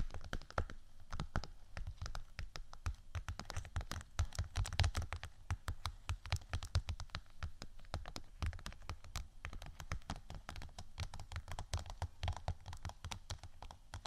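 Fingers tap and scratch on vinyl, producing a dense, irregular stream of sharp clicks and knocks that runs the whole length without a break. The taps come fast and uneven, like rapid typing, with a soft low thump beneath many of them.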